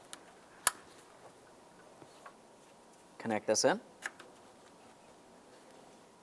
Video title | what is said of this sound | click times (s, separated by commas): How to Replace Intake Gaskets 2010-2013 Ford Transit Connect | press it in listen for a click | 0.7 s